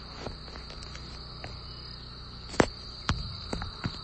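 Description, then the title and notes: Cicadas: a constant high hum fills the background while occasional loud ticks and knocks break through. Periodical cicadas (Magicicada) in the DMV, Eastern North America, emerging every 13–17 years; a cicada symphony recorded by a friend, Heather. "The Cicada Issue. cicada symphony recorded by my sweet friend Heather. Magicicada, or periodical cicadas"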